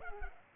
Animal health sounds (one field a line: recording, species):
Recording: mosquito wingbeat signal from an infrared sensor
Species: Culex pipiens